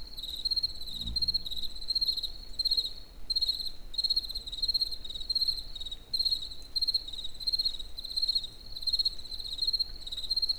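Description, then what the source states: Cricket chirping in rapid pulsed bursts, high and ringing, repeated with brief pauses; low rumble beneath. In nature near the Eger tourist house (Egerturistaház).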